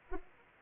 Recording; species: mosquito wingbeat signal from an infrared sensor; Anopheles arabiensis